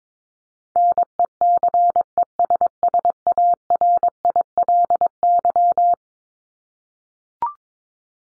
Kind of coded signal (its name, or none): Morse code